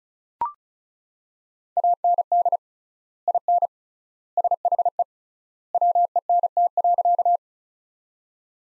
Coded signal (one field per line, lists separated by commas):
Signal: Morse code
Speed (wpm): 36 wpm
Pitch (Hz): 700 Hz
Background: none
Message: AND IN SHE WENT.